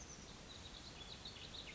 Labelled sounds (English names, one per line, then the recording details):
Oak Titmouse
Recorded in Sonoma County, California